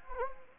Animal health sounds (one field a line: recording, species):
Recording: mosquito wingbeat signal from an infrared sensor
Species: Anopheles gambiae